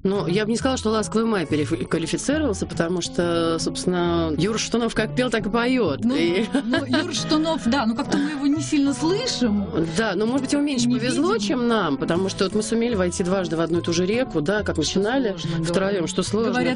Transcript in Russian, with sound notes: Ну, я бы не сказала что Ласковый май переквалифицировался, потому что Юра Шатунов как пел – так и поет (смеется)
Ну, Юра Шатунов, но как то мы его не сильно слышим.
Да, ну может быть ему меньше повезло чем нам, потому что мы сумели дважды войти в одну и ту же реку – как начинали втроем, что сложно, да.